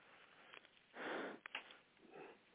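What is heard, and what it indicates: A strong sniff, a short rushing breath in through the nose lasting about half a second, framed by a few faint clicks in a quiet room, followed by a softer second breath. The sniff comes from an adult man with Tourette syndrome who tics constantly; repeated sniffing between sentences is a common simple vocal tic in Tourette syndrome.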